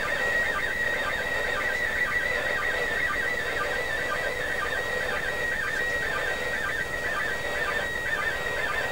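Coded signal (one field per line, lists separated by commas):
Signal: SSTV (slow-scan television)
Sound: warbling tone around 2 kHz with regular quick chirps, buried in hiss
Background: radio static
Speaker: It's the Japanese woman. Oh, yeah.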